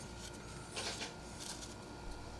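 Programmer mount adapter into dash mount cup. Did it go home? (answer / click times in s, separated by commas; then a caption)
no / none. A programmer mount adapter is handled at the dash mount cup of an '06 Chevy Duramax truck, giving soft scraping and rustling bursts around 0.8–1.0 s and again near 1.5 s over a steady background hum. Nothing has seated or clicked yet; the clip ends just before the adapter goes home.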